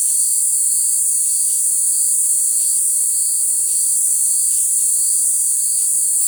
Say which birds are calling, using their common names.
none